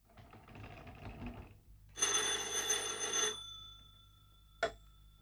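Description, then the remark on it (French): A telephone bell rings at the town hall as the mayor telephones the gendarmerie, in a loud, bright burst lasting over a second, with a metallic ringing tone that fades, followed by a brief sharp click; mechanical rattling noise precedes it. “Monsieur le maire téléphone à la gendarmerie.”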